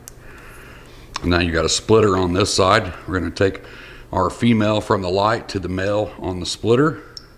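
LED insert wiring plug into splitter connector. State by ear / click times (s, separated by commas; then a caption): not seated / none. Someone talks while handling the wiring for Advanblack Illumi Guard LED inserts on a motorcycle hand-guard install, lining up the light's female plug to push onto the male end of the wiring splitter. Nothing has seated or clicked yet.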